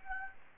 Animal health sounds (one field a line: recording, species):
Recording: mosquito wingbeat signal from an infrared sensor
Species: Anopheles gambiae